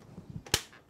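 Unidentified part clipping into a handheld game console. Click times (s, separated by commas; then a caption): 0.5 s. An unidentified part is pushed onto a Game Boy handheld console, with faint handling sounds before a single sharp snap at 0.5 s. The part clips into place and can no longer be removed.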